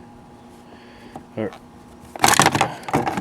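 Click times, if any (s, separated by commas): 2.2 s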